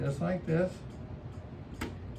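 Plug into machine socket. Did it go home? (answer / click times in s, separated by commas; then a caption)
yes / 1.8 s. Someone talks as the plug, removed during cleaning, is pushed back into its socket on a Triad Aer machine. A short, sharp snap at 1.8 s marks the plug seating fully in the socket.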